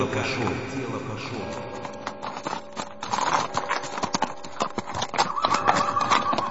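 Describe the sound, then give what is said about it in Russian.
Hooves of carriage horses clip-clop on the Nikolaevsky Bridge in a steady, quick rhythm of sharp knocks, and a horse lets out a whinny partway through, with a busy background murmur underneath. “На Николаевском мосту его плотно хлестнул кнутом по спине кучер одной коляски за то, что он чуть-чуть не попал под лошадей.”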